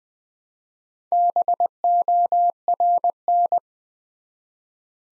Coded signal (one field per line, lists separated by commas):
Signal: Morse code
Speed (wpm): 20 wpm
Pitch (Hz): 700 Hz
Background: none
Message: BORN